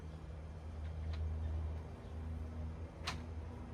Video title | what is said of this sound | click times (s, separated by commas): Lemon GreenStalk Set-Up & Seed Starting | Once you hear that little click, you'll know that it's leveled. | 3.1 s